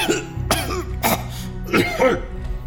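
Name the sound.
woman coughing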